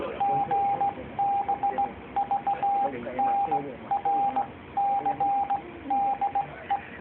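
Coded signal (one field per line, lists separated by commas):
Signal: Morse code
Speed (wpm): 18 wpm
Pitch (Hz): 800 Hz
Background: radio noise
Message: GBVNRC DE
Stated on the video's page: Morse on 21 MHz relaying message traffic between regional headquarters during a GlobalSET emergency exercise.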